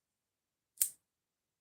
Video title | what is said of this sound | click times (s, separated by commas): Super Chill Saturday with the new Ozark Trail $5 axis lock from Walmart | that is a not a very loud click it's not a satisfying click | 0.8 s